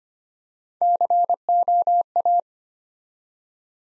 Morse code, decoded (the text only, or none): COA